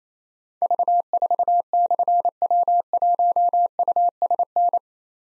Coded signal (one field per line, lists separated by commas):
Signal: Morse code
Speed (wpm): 29 wpm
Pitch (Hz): 700 Hz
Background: none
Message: V4/W1USN